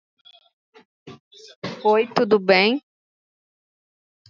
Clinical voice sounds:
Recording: spoken sentence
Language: Brazilian Portuguese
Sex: female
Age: 20 to 29 years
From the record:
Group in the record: control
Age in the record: 28 years

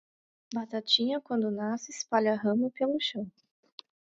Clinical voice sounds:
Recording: short text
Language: Brazilian Portuguese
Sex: female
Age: 30 to 39 years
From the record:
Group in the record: control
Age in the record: 34 years

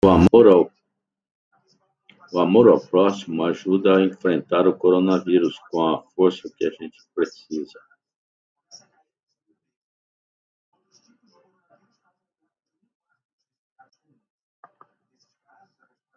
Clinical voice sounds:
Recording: spoken sentence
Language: Brazilian Portuguese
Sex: male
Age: 60 to 69 years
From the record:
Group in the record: control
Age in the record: 68 years

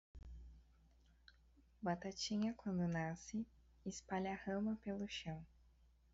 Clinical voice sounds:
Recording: short text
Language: Brazilian Portuguese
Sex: female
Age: 20 to 29 years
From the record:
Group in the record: control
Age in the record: 22 years

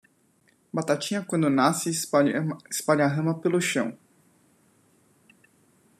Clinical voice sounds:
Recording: short text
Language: Brazilian Portuguese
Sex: male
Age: 30 to 39 years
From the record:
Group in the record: control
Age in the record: 34 years

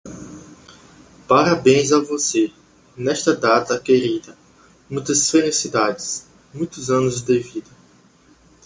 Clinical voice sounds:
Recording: short text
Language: Brazilian Portuguese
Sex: male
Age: 20 to 29 years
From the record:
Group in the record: control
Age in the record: 27 years

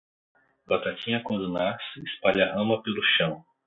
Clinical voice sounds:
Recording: short text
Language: Brazilian Portuguese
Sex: male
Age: 40 to 49 years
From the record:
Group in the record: control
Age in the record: 46 years

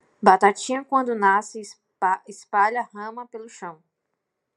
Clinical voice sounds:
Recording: short text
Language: Brazilian Portuguese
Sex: female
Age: 20 to 29 years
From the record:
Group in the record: control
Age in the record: 26 years

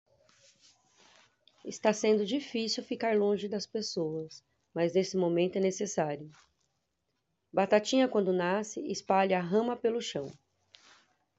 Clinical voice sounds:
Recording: short text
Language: Brazilian Portuguese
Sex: female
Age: 40 to 49 years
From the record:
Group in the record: control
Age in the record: 45 years

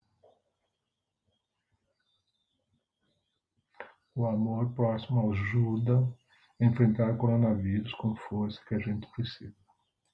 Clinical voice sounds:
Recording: spoken sentence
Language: Brazilian Portuguese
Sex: male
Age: 60 to 69 years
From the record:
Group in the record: control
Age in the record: 62 years

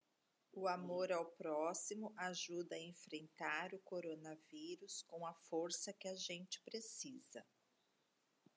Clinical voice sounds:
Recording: spoken sentence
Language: Brazilian Portuguese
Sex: female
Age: 50 to 59 years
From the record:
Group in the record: control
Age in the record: 53 years

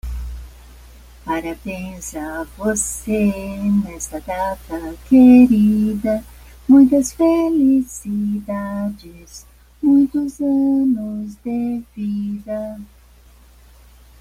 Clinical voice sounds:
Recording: short text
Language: Brazilian Portuguese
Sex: female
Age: 70 to 79 years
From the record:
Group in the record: control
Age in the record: 72 years

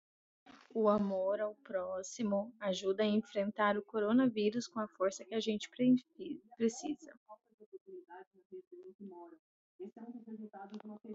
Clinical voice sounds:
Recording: spoken sentence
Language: Brazilian Portuguese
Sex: female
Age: 30 to 39 years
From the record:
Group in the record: control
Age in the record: 36 years

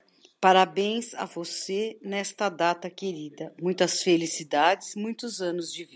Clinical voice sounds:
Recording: short text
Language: Brazilian Portuguese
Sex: female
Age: 50 to 59 years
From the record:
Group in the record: control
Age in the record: 56 years

